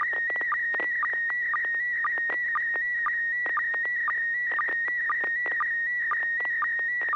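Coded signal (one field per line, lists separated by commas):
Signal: SSTV (slow-scan television)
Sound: steady high tone with short lower sync blips about twice a second, plus clicks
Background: FM repeater clicks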